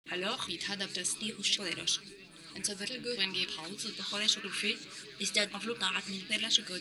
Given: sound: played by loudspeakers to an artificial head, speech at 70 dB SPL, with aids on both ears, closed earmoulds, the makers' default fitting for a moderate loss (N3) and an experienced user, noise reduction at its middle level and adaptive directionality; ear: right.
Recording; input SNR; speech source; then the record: speech test signal (ISTS) in cocktail-party noise; +6 dB; on the right (90 degrees)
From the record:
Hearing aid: class 2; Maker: J